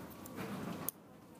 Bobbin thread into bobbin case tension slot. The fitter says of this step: it clicks into place and it just hangs out right there